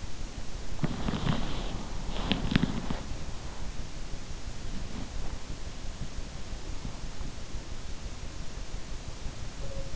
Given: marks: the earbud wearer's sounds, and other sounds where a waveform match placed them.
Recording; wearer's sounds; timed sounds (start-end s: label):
sounds in sleep by an in-ear microphone; body movement
0.00-4.34 s: body movement